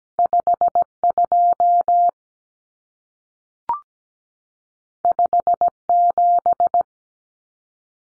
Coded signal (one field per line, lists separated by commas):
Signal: Morse code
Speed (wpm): 17 wpm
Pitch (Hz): 700 Hz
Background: none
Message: 52 57